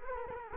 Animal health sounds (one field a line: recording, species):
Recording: mosquito wingbeat signal from an infrared sensor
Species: Culex quinquefasciatus